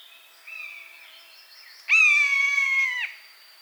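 Buzzard calling: a faint mew first, then one loud, drawn-out mewing note held steadily for over a second before dropping off sharply.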